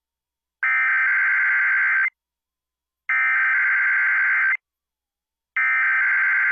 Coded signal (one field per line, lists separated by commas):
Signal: Emergency Alert System (SAME) tones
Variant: header bursts